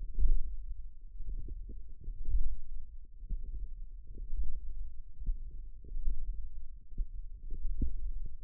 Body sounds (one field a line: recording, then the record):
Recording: forearm muscle sounds (acoustic myography)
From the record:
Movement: hook grip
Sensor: system 1, eight BSWA MPA416 microphones around the upper forearm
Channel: 6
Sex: female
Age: 20 years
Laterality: right